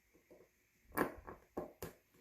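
A metal spring bar is fitted into watch case lug holes: one end sits in a lug hole while the other end is pressed with the grooved end of a tool. Faint taps give way to sharper metallic ticks and scrapes around 1.0, 1.3, 1.6 and 1.8 seconds. Nothing has snapped into the opposite lug hole or seated yet.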